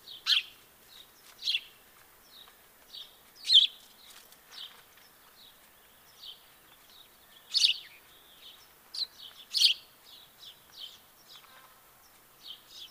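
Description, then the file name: House sparrow chirps, irregular and uneven in loudness, a few loud notes among softer ones, with fainter chirping birds in the background. "Passer domesticus"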